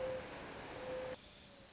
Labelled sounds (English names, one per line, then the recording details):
Mourning Dove
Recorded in Sonoma County, California